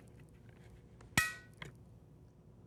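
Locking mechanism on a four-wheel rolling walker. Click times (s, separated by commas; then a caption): 1.2 s. The seat or brake lock on a Motivo Tour four-wheel rolling walker is pushed back into its locked position after being unlocked, giving a sharp, bright click at 1.2 s and a softer tick at 1.6 s over a quiet background. The lock has clicked into place, so the walker is locked and won't move.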